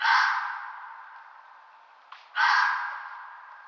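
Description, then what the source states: Red fox call: two drawn-out, raspy, breathy calls, each fading gradually. Described as sounding very similar to a roe deer.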